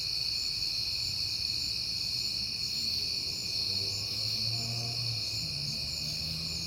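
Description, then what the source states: Crickets chirping in a steady, high-pitched chorus with several continuous layered tones, while a low rumbling hum sounds in the background. Crickets recorded at night in September, on a peaceful night, with passing cars.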